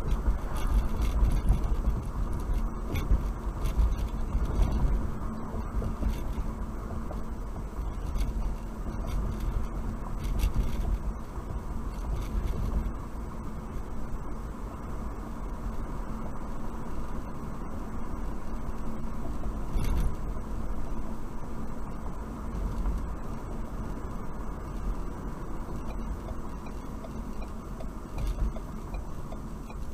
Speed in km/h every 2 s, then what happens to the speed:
52, 52, 50, 48, 48, 48, 52, 52, 55, 55, 52, 52, 52, 50, 40.
0-10 steady at about 48. 10-19 speeds up to 55. 19-30 slows to 40.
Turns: none.